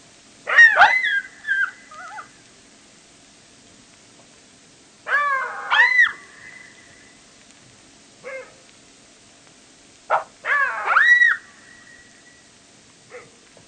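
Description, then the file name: Jackal yipping howls in three bursts about five seconds apart, each a tight cluster of high arched cries, with a few lone yips between. "zvuki shakala"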